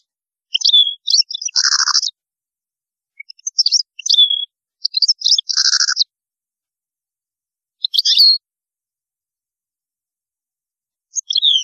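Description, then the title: European goldfinch song of tinkling twitters and buzzy high trills in several bursts, with a lower rasping note twice and sharp whistled slurs between. "Chant Chardonneret"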